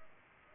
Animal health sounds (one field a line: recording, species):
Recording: mosquito wingbeat signal from an infrared sensor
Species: Culex pipiens